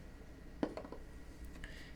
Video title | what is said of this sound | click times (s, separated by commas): NextBase 222 dashcam. First thoughts. | But anyways, these little tabs lock into place, and it just clicks into place. | 0.6 s